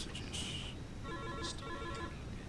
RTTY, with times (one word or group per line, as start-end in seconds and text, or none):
none